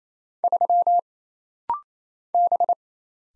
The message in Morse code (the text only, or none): 3 B